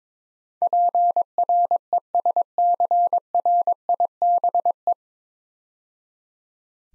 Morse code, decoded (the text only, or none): PRESCRIBE